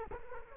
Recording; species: mosquito wingbeat signal from an infrared sensor; Culex quinquefasciatus